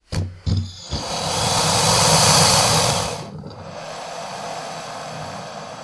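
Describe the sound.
Alligator hissing: three short low snorts, then a long breathy hiss of about two seconds, followed by quiet background noise.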